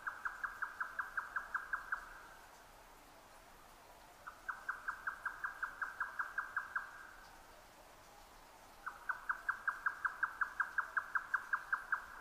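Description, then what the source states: Grey nightjar song: three runs of quick, hollow repeated notes, with brief pauses between bursts. Recorded 12 June 2009 at 22:41.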